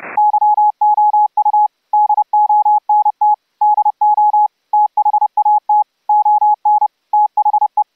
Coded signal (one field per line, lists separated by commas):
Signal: Morse code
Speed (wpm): 28 wpm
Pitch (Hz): 840 Hz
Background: none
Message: YOU DONT DO THAT ON THE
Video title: UltraGrid audio over ip software for HAM RADIO remote RIG operations